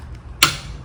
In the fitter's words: so all I do is turn this until it clicks one time and then it's done